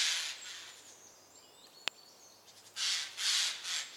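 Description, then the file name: Eurasian jay giving three hoarse, scratchy screeches in quick succession near the end, after faint high bird whistles and a single sharp click. "Garrulus glandarius"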